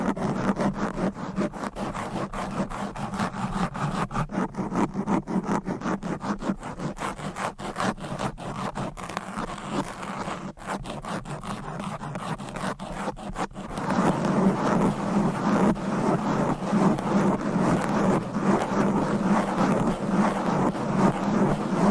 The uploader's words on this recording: ASMR Fast and Aggressive Mic Scratching.